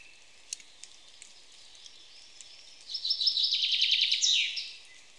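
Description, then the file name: Common chaffinch song, a single rapid trill ending in an accented flourish, preceded by a few faint ticks. "Fringilla coelebs"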